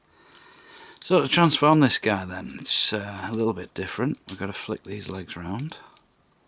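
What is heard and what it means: Someone talks while handling the plastic legs of a Brave of Legend Da-Garn Land Bison transforming combiner robot toy, getting ready to flick them round into the hip joints during transformation. Only speech and faint handling noises are heard, and nothing has seated or clicked yet.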